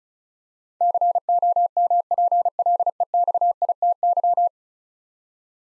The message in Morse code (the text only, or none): COMPLEXITY